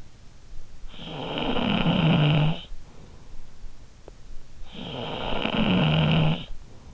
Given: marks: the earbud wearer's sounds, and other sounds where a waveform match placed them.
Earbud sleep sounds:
sounds in sleep by an in-ear microphone; snoring breath
0.49-3.40 s: snoring breath
4.32-6.94 s: snoring breath

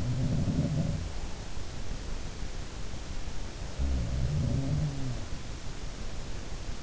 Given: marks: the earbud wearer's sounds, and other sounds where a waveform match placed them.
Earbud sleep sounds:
sounds in sleep by an in-ear microphone; breath
0.00-1.73 s: sound from someone else or the room
0.70-1.73 s: breath
3.40-5.51 s: sound from someone else or the room

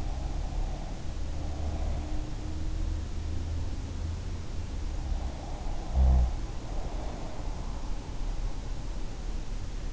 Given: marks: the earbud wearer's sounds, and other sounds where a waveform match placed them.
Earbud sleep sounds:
sounds in sleep by an in-ear microphone; breath
0.00-2.18 s: breath
5.52-7.46 s: breath

